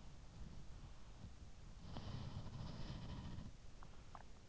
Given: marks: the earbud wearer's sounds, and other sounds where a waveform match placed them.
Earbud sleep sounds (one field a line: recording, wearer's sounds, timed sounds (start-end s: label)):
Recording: sounds in sleep by an in-ear microphone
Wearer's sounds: body movement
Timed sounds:
1.23-4.49 s: body movement